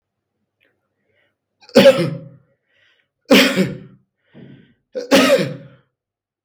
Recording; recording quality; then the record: shallow voluntary cough; excellent, no background noise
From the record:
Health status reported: COVID-19 positive, mild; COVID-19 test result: positive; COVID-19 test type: RT-PCR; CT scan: not taken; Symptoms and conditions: cough, sore throat, loss of smell and taste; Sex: male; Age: 24 years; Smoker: yes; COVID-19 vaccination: both doses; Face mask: not worn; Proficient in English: yes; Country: India